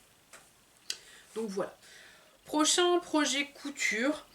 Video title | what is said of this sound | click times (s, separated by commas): Bilan couture/tricot/point de croix n°2 | donc ça clipse comme ça avec de pression est comme ça il pourrait y avoir près du coup c'est tout chaud c'est tout doux ce serait parfait et ça évite effectivement que les sherpas traînent au sol donc | 0.9 s